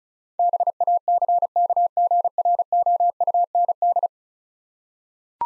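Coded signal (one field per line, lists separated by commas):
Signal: Morse code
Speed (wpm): 34 wpm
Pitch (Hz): 700 Hz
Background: none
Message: BACKGROUND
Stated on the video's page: Morse practice of 10-letter words at 35 wpm for head-copying, each word sent twice.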